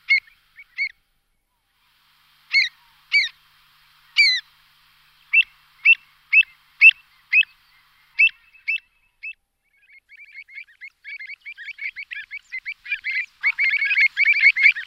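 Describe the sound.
Pied avocet calls: sharp, clear notes spaced irregularly, then a quickening, denser chatter of many similar notes growing louder toward the end.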